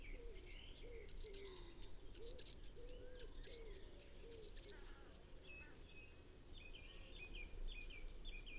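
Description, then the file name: Eurasian blue tit calls in a rapid series of many high notes, then fainter high notes after a pause. "Cyanistes caeruleus"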